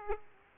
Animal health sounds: mosquito wingbeat signal from an infrared sensor; Aedes aegypti

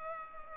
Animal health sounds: mosquito wingbeat signal from an infrared sensor; Culex pipiens

